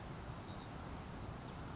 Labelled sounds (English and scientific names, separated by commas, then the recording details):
Savannah Sparrow (Passerculus sandwichensis)
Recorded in Sonoma County, California